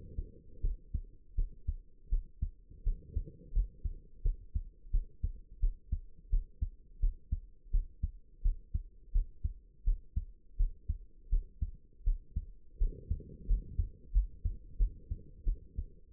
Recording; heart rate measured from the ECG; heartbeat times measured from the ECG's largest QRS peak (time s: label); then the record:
heart sounds by stethoscope; 85 bpm
0.62 s: heartbeat
1.36 s: heartbeat
2.10 s: heartbeat
2.84 s: heartbeat
3.53 s: heartbeat
4.23 s: heartbeat
4.91 s: heartbeat
5.60 s: heartbeat
6.30 s: heartbeat
7.00 s: heartbeat
7.71 s: heartbeat
8.42 s: heartbeat
9.12 s: heartbeat
9.84 s: heartbeat
10.57 s: heartbeat
11.30 s: heartbeat
12.04 s: heartbeat
12.78 s: heartbeat
13.47 s: heartbeat
14.12 s: heartbeat
14.78 s: heartbeat
15.44 s: heartbeat
From the record:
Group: healthy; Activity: rest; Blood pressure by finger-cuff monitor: 88/53 mmHg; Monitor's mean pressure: 67 mmHg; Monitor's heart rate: 84 bpm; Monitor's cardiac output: 7.7 L/min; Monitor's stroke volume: 91 mL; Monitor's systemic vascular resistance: 620 dyn s/cm5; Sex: female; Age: 22 years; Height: 161 cm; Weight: 65.5 kg